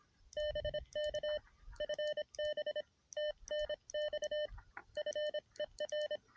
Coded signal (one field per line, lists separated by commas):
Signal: Morse code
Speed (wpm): 26 wpm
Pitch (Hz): 600 Hz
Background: none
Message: BK FB TNX FER